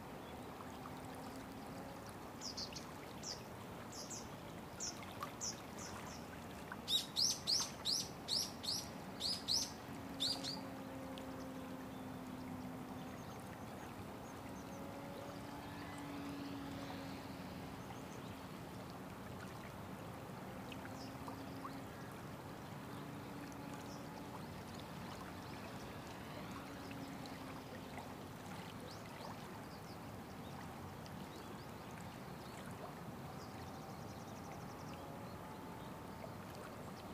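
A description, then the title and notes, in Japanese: A river flows with a steady, dense rush that holds even from start to finish. A low, wavering hum runs underneath the whole time, like a motor. Around seven to ten seconds, a quick run of sharp, bright clicks stands out briefly. 流れる川の音に耳をすませて。Just listen to the river flow for 5 minutes.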